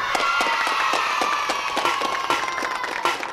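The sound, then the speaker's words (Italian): An audience applauds to welcome a six-year-old child singer, a dense patter of many hands clapping at once with sharp individual claps popping out, sustained at an even, fairly loud level throughout. “Accogliamo con un bel applauso”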